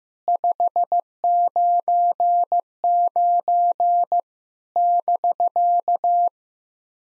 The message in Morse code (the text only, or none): 599 <BK>